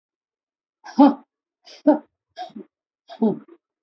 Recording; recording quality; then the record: shallow voluntary cough; poor, much background noise or distortion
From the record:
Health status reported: healthy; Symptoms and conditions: none ticked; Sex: female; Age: 56 years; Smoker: not ticked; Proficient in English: yes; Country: India